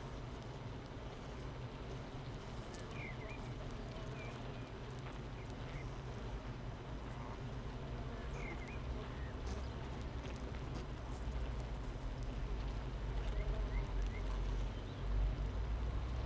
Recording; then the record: honeybee colony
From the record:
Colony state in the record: missing queen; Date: 31 May 2018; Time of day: 7:52